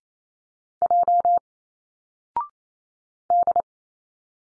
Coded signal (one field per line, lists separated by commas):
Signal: Morse code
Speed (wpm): 28 wpm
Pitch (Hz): 700 Hz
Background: none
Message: J D